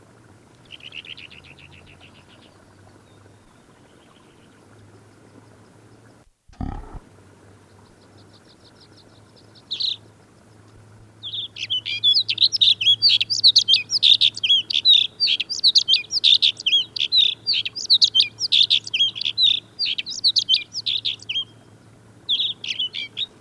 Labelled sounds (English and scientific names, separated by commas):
Alpine Accentor (Prunella collaris)